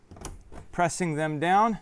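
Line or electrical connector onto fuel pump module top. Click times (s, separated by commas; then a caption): 0.2 s. A connector on top of a new fuel pump module is pressed down by hand, one of its two top connections, and seats with a short, sharp click at 0.3 s. Someone talks over the rest of the clip.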